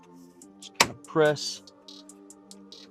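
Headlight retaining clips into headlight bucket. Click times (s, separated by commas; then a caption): 0.8 s. A Jeep Wrangler headlight assembly's four retaining clips are lined up and pressed back into the grille or headlight bucket. A sharp click at 0.8 s marks them seating, while someone talks over steady background music with faint ticks. The headlight clips are seated.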